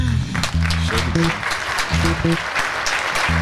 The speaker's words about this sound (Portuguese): Palmas.